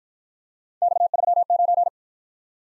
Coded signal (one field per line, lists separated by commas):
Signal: Morse code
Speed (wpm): 52 wpm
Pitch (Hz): 700 Hz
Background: none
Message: X39